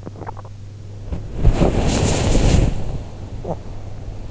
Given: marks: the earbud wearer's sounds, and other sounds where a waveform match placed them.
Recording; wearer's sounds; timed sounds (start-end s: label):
sounds in sleep by an in-ear microphone; teeth grinding, body movement
0.00-0.57 s: teeth grinding
1.06-3.66 s: body movement